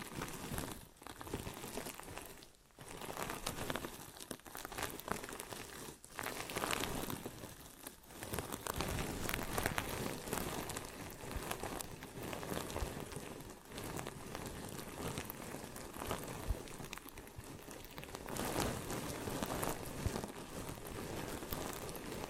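Ear and scalp massage and cleaning, heard as dense, continuous rubbing and crinkling that rustles like light rain. The texture shifts constantly, with brief quiet dips near 2.5, 8 and 13.5 seconds before the scratchy rubbing resumes at a fairly even level.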